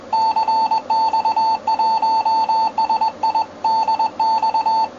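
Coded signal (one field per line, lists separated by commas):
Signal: Morse code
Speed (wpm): 20 wpm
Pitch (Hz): 890 Hz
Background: none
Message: CX1SI DX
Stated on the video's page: Amateur Morse on 7 MHz at 1 UTC with good conditions to Europe, heard in Uruguay.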